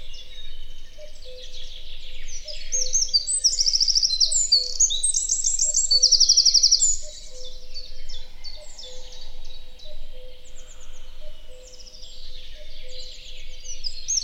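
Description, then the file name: Eurasian wren song, a rapid cascade of high twittering notes with two bright rattling trills in the middle, over a faint low tone. "Troglodytes troglodytes"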